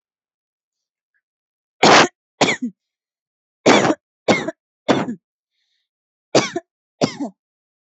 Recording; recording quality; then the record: heavy voluntary cough; excellent, no background noise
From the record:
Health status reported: healthy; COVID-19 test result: not tested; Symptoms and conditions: none ticked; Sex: female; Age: 27 years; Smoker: not ticked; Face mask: not worn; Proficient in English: yes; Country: India